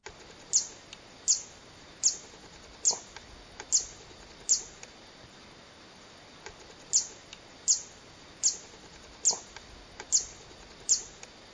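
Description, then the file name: Zitting cisticola song: sharp, very high 'zit' notes given singly about every 0.8 seconds, with a short pause midway, over a quiet background. "Beccamoschino"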